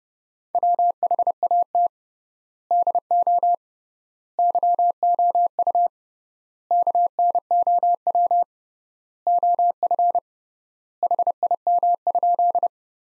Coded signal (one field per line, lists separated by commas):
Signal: Morse code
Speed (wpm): 30 wpm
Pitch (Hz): 700 Hz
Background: none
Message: WHAT DO YOU KNOW OF HIM?